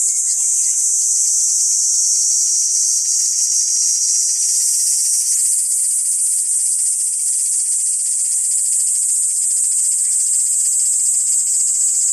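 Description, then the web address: Kaempfer cicada song, a continuous high shrill buzz that holds steady and shifts slightly higher about halfway through. "ニイニイゼミ. arpla 自然音研究室"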